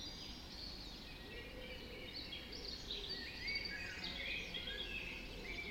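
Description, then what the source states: Birds in a dawn chorus, many overlapping high chirps, trills and whistles from several songbirds at once, over a steady low rumble of background noise. Dawn chorus recorded just after dawn in the Forest of Dean.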